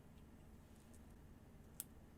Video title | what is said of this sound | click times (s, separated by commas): The PERFECT SKX | there you hear that little snap as it's gone into place | 1.8 s